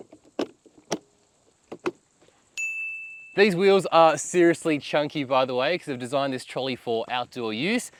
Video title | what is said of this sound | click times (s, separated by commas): A camp table like no other... Hands on with Seton's Table Trolley! | We're going to unclip these one at a time and slot them into the corners, listening for the click as they lock into place. | 0.9 s, 1.9 s